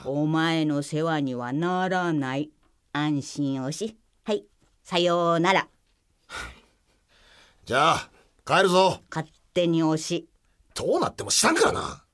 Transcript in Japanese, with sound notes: お前の世話にはならない。安心おし。ハイ、さようなら。 （あきれて）
じゃ、帰るぞ。
勝手におし。
どうなっても知らんからなー！